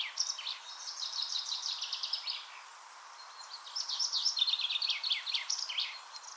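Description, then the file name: Common chaffinch song: two fast, high, tumbling phrases of rapid notes, the second louder, over constant hiss. "Fringilla coelebs"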